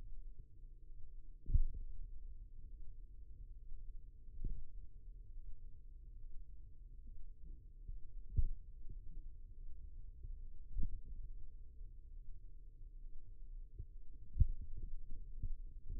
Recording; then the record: forearm muscle sounds (acoustic myography)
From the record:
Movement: finger pinch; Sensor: system 2, bracelet of six BSWA MPA416 microphones around the upper forearm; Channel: 4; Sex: male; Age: 22 years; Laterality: right